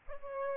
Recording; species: mosquito wingbeat signal from an infrared sensor; Aedes aegypti